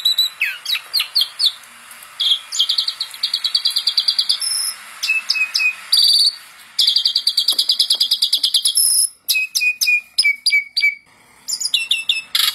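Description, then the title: Asian pied starling song with long stretches of rapid buzzy rattles broken by short whistled notes and quick chirped series. Masteran (tutor) recording for songbirds, meant to fix birds that sing too little and are listless. "Masteran Jalak Suren Atasi Burung KURANG GACOR Dan LOYO"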